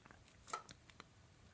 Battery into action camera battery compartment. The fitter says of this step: push it so it clicks in place.